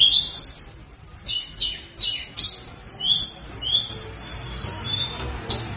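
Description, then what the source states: Sunda Robin: tledekan song opening with a fast rising run of notes, then sharp clicks and a string of short high whistled slurs. Local name tledekan gunung, singing actively ('gacor'); recording meant to make listeners' tledekan answer.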